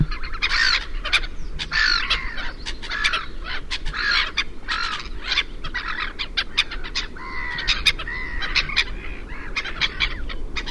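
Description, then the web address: Black-headed gulls giving short, harsh calls in a busy chorus, mixed with scattered sharp clicks. "chant xeno-canto mouette rieuse"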